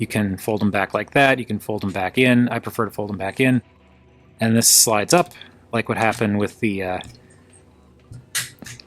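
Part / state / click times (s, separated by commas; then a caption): sliding plastic panel on a transforming robot toy / seated / 8.8 s. A plastic panel on a transforming robot toy is slid up over the submarine section while someone talks. It clicks into place at 8.8 s, seating the panel like the firetruck part did.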